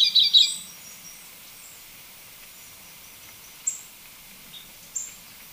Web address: Natures Songs S America Birds of Ecuador Orange-bellied Euphonia